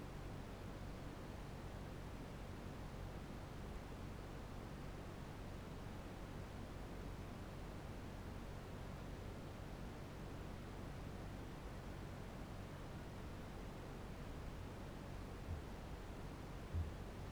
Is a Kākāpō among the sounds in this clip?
yes